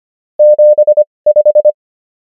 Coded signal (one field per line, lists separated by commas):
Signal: Morse code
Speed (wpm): 25 wpm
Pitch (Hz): 600 Hz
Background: none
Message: 75